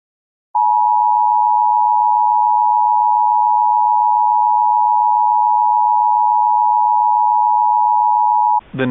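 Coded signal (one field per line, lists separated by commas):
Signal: Emergency Alert System (SAME) tones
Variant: 853 and 960 Hz attention tone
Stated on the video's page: Mock reenactment, simulated, of a real severe thunderstorm warning from the Corpus Christi weather service.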